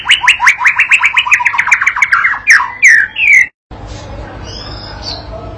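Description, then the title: White-rumped shama song: a fast run of many repeated chipping notes, then three loud slurred whistles, a brief silence and faint high notes afterward. Training recording (masteran pancingan) for a young shama, meant to make it sing persistently and answer straight away. "MURAI BATU PAUD BELAJAR GACOR, AJARI DENGAN MASTERAN PANCINGAN INI, PANCING LANGSUNG NYAUT"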